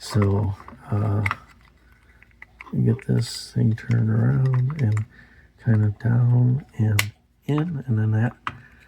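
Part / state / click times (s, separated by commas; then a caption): plastic reel part with a tab, seating into the slot of a fishing reel housing / not seated / none. During reassembly of a 1972 Popeil Pocket Fisherman vintage spincasting reel, a plastic part with a tab is turned around and pushed down and in so the tab fits the slot on the reel housing. Someone talks while faint, short handling ticks are heard around 1.7 to 2.6 seconds. Nothing has seated or clicked yet; the clip ends just before the part goes home.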